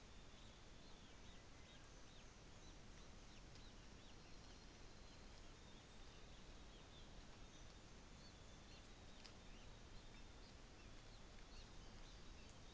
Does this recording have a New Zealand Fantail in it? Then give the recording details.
yes. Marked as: faintness 5/5. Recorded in New Zealand on 24 December 2018. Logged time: 13:30